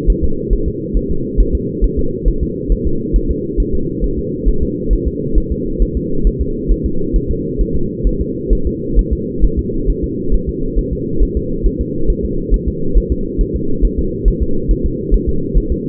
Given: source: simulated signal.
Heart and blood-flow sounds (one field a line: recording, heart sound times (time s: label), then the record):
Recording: fetal heart sounds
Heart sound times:
0.10 s: S1
0.24 s: S2
0.53 s: S1
0.68 s: S2
0.97 s: S1
1.11 s: S2
1.41 s: S1
1.55 s: S2
1.84 s: S1
1.99 s: S2
2.28 s: S1
2.43 s: S2
2.72 s: S1
2.87 s: S2
3.16 s: S1
3.31 s: S2
3.60 s: S1
3.75 s: S2
4.04 s: S1
4.19 s: S2
4.48 s: S1
4.63 s: S2
4.93 s: S1
5.08 s: S2
5.38 s: S1
5.52 s: S2
5.82 s: S1
5.97 s: S2
6.27 s: S1
6.42 s: S2
6.72 s: S1
6.86 s: S2
7.16 s: S1
7.31 s: S2
7.61 s: S1
7.76 s: S2
8.07 s: S1
8.21 s: S2
8.53 s: S1
8.67 s: S2
8.99 s: S1
9.13 s: S2
9.44 s: S1
9.59 s: S2
9.90 s: S1
10.04 s: S2
10.34 s: S1
10.49 s: S2
10.79 s: S1
10.93 s: S2
11.23 s: S1
11.37 s: S2
11.66 s: S1
11.81 s: S2
12.10 s: S1
12.25 s: S2
12.54 s: S1
12.68 s: S2
12.98 s: S1
13.12 s: S2
13.41 s: S1
13.56 s: S2
13.85 s: S1
13.99 s: S2
14.28 s: S1
14.42 s: S2
14.71 s: S1
14.86 s: S2
15.14 s: S1
15.29 s: S2
15.58 s: S1
15.72 s: S2
From the record:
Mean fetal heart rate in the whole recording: 135 bpm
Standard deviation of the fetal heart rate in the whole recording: 3 bpm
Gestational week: 36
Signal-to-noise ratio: -8.1 dB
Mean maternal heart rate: 72 bpm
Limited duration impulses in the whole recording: absent